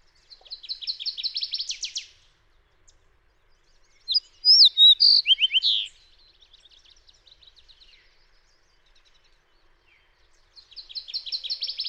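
Fox sparrow song, a loud burst of rich slurred whistles lasting under two seconds, set between fainter rapid trilled series at the start and end.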